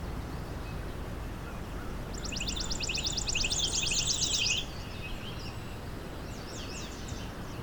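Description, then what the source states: Chipping Sparrow song, a dry, rapid trill of identical chips held for about two and a half seconds, then fainter bird notes over steady background rumble. At Long Point Provincial Park in spring, at the very end of the migration season.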